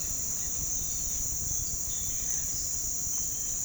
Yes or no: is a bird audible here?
no